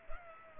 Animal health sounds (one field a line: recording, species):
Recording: mosquito wingbeat signal from an infrared sensor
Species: Culex pipiens